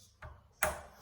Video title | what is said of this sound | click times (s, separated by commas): Norman Ultimate 2” Blinds installation | snaps right in snaps right in huh and that is how | 0.6 s